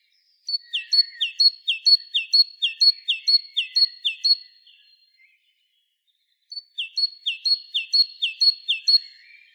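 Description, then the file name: Great tit repeating a clear high-then-lower two-note phrase many times, a pause, then another run of several; a few quiet notes in the background. "Parus major"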